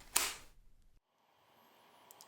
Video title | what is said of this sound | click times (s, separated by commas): Leica 10-25mm f1.7 review - HOLY GRAIL for video! | The clutch mechanism also snaps down and back again with a very satisfying click. | 0.2 s, 2.1 s